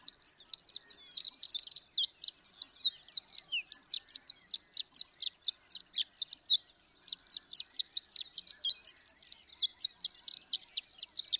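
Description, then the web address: Horned lark song of rapid, high-pitched tinkling notes running almost continuously, slightly jangling and uneven in rhythm. "birdsongforthecurious Horned Lark"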